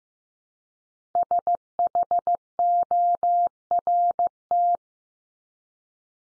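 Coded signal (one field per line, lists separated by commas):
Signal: Morse code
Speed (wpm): 15 wpm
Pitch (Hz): 700 Hz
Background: none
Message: SHORT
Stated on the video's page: Computer-generated Morse head-copy drill of the 500 most common English words at 15 wpm, each word sent three times, then spoken, then sent again.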